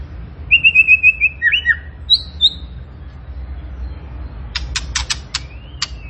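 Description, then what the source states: Tembakan bird singing: a quick row of clear whistled notes, a few slurred whistles, then a burst of sharp dry clicking chips. Cage bird in full, energetic song; a master recording used to train other cage birds.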